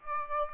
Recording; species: mosquito wingbeat signal from an infrared sensor; Aedes aegypti